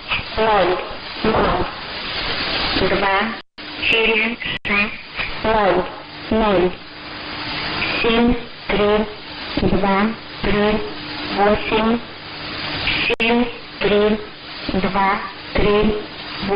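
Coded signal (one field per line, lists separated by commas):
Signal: numbers station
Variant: S06s, Russian female voice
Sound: a female voice reading short, evenly spaced words, about one per second, over radio hiss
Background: radio static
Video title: 12 09 2017 Numbers station S06s Russian Lady in Russian to Eu 1014 on 7340 unknown tx site in CUSB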